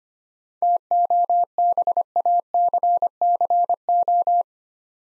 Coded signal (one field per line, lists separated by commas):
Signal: Morse code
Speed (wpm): 25 wpm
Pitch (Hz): 700 Hz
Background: none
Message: TOBACCO